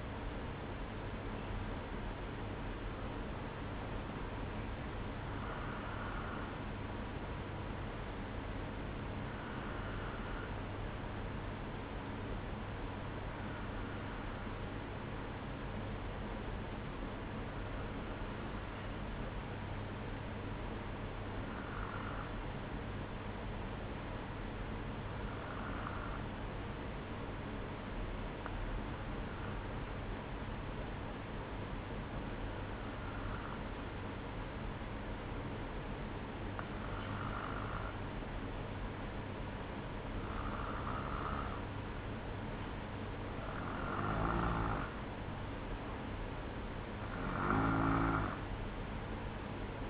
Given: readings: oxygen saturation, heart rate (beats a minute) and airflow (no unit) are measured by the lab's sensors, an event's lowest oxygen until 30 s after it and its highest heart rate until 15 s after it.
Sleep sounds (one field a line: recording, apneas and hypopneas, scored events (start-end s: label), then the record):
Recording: breathing in sleep by a voice recorder at the bedside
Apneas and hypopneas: none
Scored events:
30.00-49.90 s: new sleep stage, N2 (light sleep)
From the record:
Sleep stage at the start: N1 (lightest sleep)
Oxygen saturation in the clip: 92 to 94%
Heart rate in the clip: 58 to 61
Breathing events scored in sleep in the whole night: 305 in 9.6 hours asleep